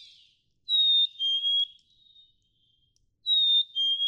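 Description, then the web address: Black-capped chickadee whistling its simple two-note song twice, a bright high tone stepping down to a slightly lower one, with a pause between phrases. "birdsongforthecurious Black-capped Chickadee"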